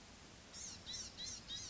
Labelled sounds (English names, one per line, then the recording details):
Blue-gray Gnatcatcher
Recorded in Sonoma County, California